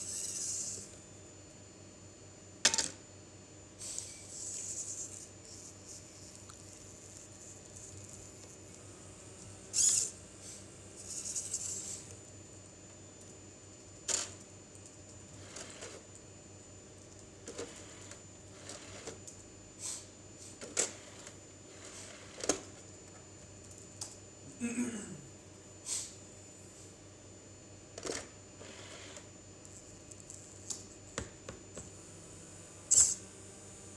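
A prototype automatic CD ripping machine hums steadily while sharp clicks and clacks occur irregularly every couple of seconds, with occasional brief whirring bursts.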